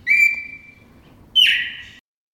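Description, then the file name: Red-crested cardinal giving a long level whistle, then after a pause a loud note that falls and holds steady before cutting off. Song variation 4. "suara kicauan burung red crested cardinal variasi 4 omkicau"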